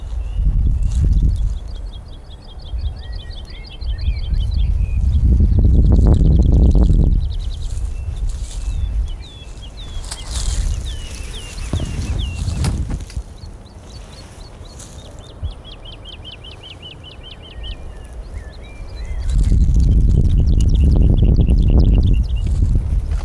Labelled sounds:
Wood Lark song
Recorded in the wild
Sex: male
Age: adult
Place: Gosener Berge, Berlin, DE
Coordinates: 52.3842, 13.6947
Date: 1990-04-13 19:04
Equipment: Riporter 6 RG-K, Halbspur, Sennheiser MKH 416 T
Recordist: Frommolt, Karl-Heinz

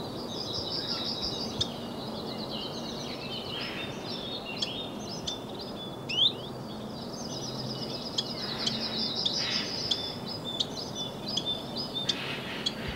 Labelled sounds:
Common Chiffchaff song
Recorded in the wild
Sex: male
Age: adult
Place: Villach, Kärnten, AT
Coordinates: 46.59, 13.825
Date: 1971-04-20
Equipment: Uher 4100 Report-V, Sennheiser MKH 804
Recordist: Brunner, Thomas

